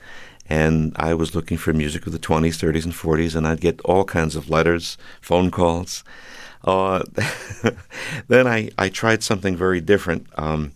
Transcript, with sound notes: And I was looking for music of the '20s, '30s and '40s, and I'd get all kinds of letters, phone calls.
(LAUGHTER)
Then I tried something very different.